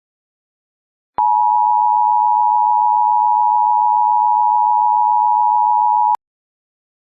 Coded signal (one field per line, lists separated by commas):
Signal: Emergency Alert System (SAME) tones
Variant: 853 and 960 Hz attention tone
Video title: EAS Scenario: Absolutely Radioactive Part 2